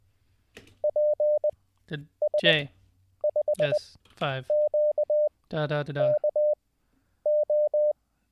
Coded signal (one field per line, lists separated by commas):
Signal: Morse code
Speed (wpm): 20 wpm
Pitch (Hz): 600 Hz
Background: speech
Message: PS5QKO